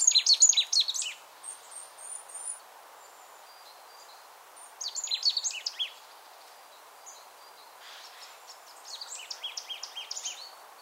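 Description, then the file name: Marsh Tit calls in several scattered bursts of high, thin, downslurred notes mixed with brief chirps, separated by quiet gaps, with light background noise. "Poecile palustris"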